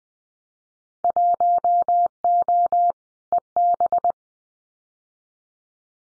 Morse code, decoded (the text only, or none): 1O EB